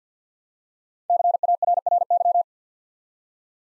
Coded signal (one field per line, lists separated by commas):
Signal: Morse code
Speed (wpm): 50 wpm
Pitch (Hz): 700 Hz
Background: none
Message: CARRY